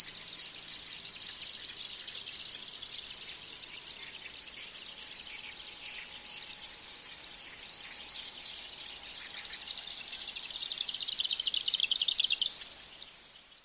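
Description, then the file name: Zitting cisticola giving sharp, high 'zit' notes at a steady rate of nearly three per second, ending in a brief buzzy rush of notes; faint background hiss. "sekka"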